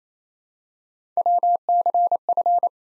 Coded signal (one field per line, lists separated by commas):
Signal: Morse code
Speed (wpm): 27 wpm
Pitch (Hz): 700 Hz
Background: none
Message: WCF